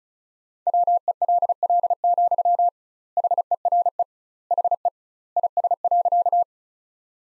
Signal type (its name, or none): Morse code